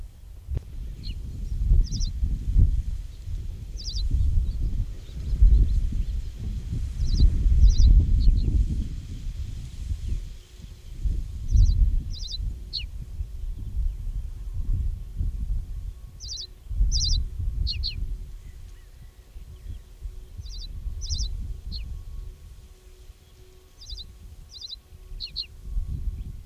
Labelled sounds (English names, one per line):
Reed Bunting song